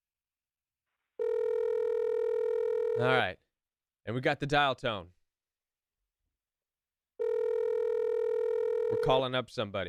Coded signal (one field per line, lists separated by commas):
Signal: telephone call progress tone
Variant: North America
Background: speech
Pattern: ringback tone